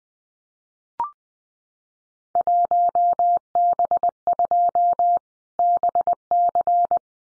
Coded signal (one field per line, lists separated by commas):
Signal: Morse code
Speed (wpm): 20 wpm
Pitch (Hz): 700 Hz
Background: none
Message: 1B2 BC